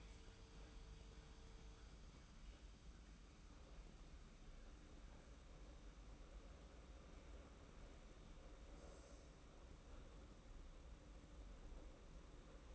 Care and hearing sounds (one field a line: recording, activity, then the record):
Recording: daily activity, microphone in the room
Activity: make coffee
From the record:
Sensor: 1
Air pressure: 991.7 hPa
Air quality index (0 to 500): 168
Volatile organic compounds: 1000 ppm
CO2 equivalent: 6344 ppm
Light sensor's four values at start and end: 32/108/42/43 and 32/108/42/43